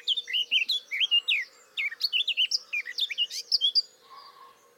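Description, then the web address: Eurasian blackcap song: quick, varied whistles and chirps strung together for about four seconds, over a faint constant low hum. "SETE data Sylvia atricapilla"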